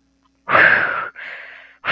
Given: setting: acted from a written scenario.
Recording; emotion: vocal sound without words; distress